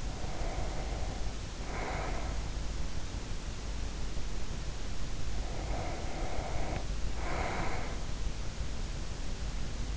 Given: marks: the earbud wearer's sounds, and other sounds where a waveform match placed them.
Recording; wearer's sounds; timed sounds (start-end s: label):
sounds in sleep by an in-ear microphone; breath
0.00-2.94 s: breath
4.92-8.46 s: breath